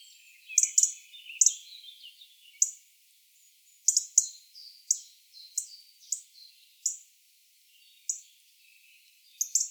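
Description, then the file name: European robin producing high, sharp ticking notes with thin warbles, spaced irregularly with gaps between them. "Erithacus rubecula"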